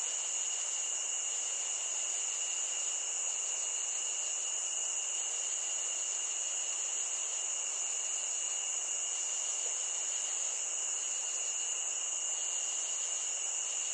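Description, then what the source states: Cricket trilling, an even, endless high shrill buzz with a quieter lower tone running alongside, unchanged over the whole stretch. Nature ambience of crickets.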